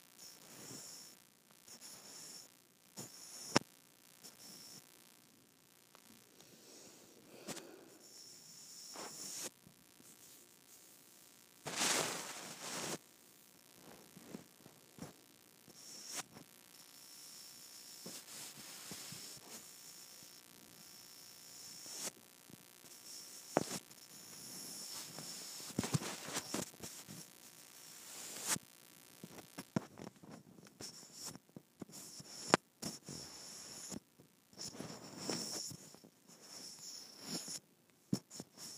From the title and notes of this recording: ASMR Rubbing Microphone on my Skin.